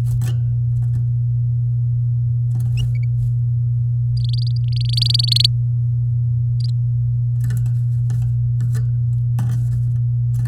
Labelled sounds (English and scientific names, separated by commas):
Domestic Canary (Serinus canaria) song